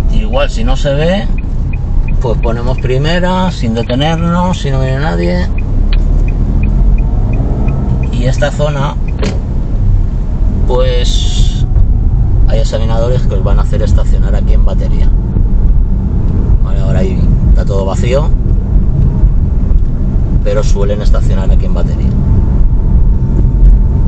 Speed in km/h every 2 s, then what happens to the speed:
18, 9, 7, 13, 19, 23, 28, 30, 31, 31, 31, 32.
0-5 slows to 7. 5-12 speeds up to 28. 12-24 steady at about 31.